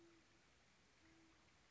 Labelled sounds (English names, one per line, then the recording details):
Band-tailed Pigeon
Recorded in Sonoma County, California